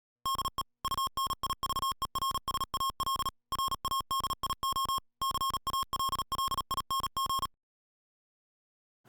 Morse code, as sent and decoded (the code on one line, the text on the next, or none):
-.. . / ..- -. .. ...- . .-. ... .- .-.. / .-. .- -.. .. --- / -.-. .- .-.. .-.. .. -. --.
DE UNIVERSAL RADIO CALLING